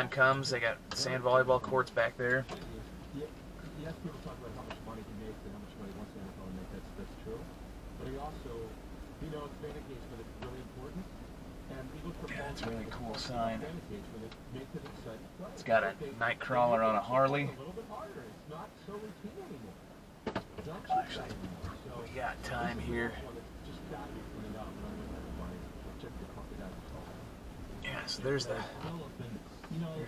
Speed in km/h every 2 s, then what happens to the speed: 0, 0, 0, 0, 0, 3, 5, 5, 3, 2, 0, 2, 3, 5, 3.
0-9 standing. 9-17 steady at about 3. 17-22 standing. 22-30 steady at about 3.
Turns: none.